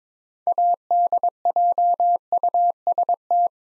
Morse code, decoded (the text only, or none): ADJUST